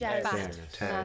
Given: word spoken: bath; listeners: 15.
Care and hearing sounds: one English word in noise, from a listening test; four-talker babble; -1.4 dB; 2 of 15; 6 of 15; 0.64 s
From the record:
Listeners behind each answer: 6, 3, 2, 1, 1, 1, 1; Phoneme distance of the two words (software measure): 20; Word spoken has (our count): 1 syllable, 3 phonemes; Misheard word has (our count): 1 syllable, 3 phonemes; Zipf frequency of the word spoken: 4.65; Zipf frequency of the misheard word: 4.30

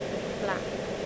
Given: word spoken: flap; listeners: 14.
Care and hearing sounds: one English word in noise, from a listening test; speech-shaped noise; -4.2 dB; 1 of 14; 7 of 14; 0.66 s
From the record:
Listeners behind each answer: 7, 3, 2, 1, 1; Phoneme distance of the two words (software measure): 20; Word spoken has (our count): 1 syllable, 4 phonemes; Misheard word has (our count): 1 syllable, 4 phonemes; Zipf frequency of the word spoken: 3.79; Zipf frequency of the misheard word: 5.26

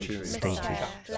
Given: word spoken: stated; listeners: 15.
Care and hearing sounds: one English word in noise, from a listening test; four-talker babble; -0.7 dB; 2 of 15; 6 of 15; 0.78 s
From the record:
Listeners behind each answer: 6, 2, 2, 1, 1, 1, 1, 1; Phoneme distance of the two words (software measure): 20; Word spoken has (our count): 2 syllables, 6 phonemes, stress on syllable 1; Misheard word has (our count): 2 syllables, 6 phonemes, stress on syllable 1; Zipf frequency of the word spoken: 3.73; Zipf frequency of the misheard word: 4.38

